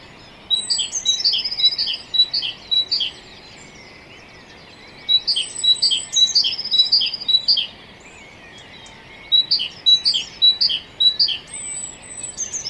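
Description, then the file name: Great tit calling in three bouts of rapid paired notes, high then lower, with pauses between them. "Parus major"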